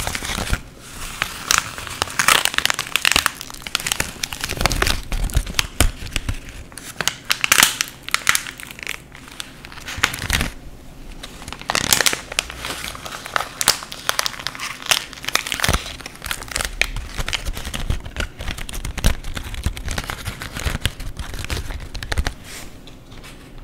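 Paper being cut, torn and crumpled, with dense crackling and sharp rustling bursts that come in quick irregular clusters throughout. The sounds are bright and papery, with louder scrunching peaks around the 2, 7, 10 and 12 second marks and brief quieter gaps between.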